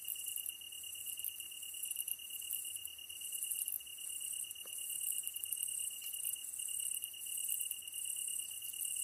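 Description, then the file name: Tree cricket singing a steady, unbroken high trill, with higher, scratchy insect noise above it. Recorded 15 August 2010 at 22:39; the ezo-tsuyumushi katydid is also named for the recording. "kantan ezotuyumusi 20100815-2239"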